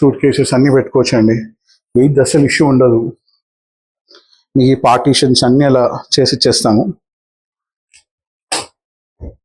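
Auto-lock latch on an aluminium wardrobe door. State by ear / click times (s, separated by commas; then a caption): seated / 8.5 s. An aluminium wardrobe door is pushed closed, and its automatic lock latches shut with a sharp, loud knock at 8.5 s. Before that, someone talks, and the door locks by itself.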